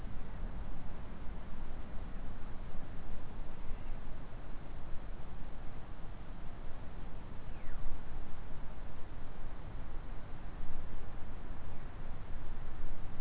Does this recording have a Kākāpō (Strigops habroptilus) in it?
no